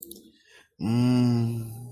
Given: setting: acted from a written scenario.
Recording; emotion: vocal sound without words; confusion